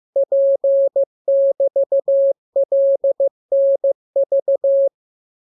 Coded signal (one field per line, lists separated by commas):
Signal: Morse code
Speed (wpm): 15 wpm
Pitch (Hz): 550 Hz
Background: none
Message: P<BT>LNV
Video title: Learning Morse Code. Lesson 28. Letter KMURESNAPTLWI.JZ=FOY,VG5/Q92H